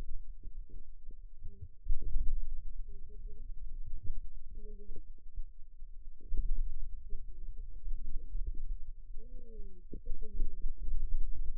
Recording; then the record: forearm muscle sounds (acoustic myography)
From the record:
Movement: pen grasping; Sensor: system 2, bracelet of six BSWA MPA416 microphones around the upper forearm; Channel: 1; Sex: female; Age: 21 years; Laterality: right